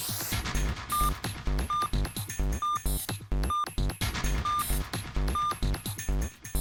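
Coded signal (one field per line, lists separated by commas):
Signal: none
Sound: game puzzle sound effects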